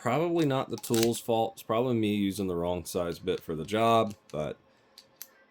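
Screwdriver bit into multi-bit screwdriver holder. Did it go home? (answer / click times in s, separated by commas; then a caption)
yes / 5.2 s. A small metal bit is pushed into the chuck of a multi-bit screwdriver holder while someone talks. After the talking stops, a faint tap is heard, then a short, sharp click at 5.2 s as the bit locks into the holder and seats securely so it won't fall out.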